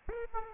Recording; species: mosquito wingbeat signal from an infrared sensor; Aedes aegypti